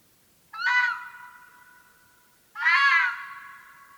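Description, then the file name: Red fox giving two harsh, wavering screams about two seconds apart, each sharp at onset and fading into a drawn-out tail; otherwise quiet. "fuchs"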